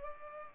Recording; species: mosquito wingbeat signal from an infrared sensor; Culex pipiens